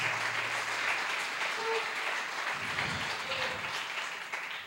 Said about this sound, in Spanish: Amén, hermanos. Dele palmas al Señor con todo el corazón.